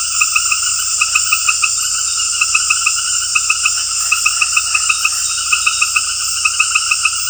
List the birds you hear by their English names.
none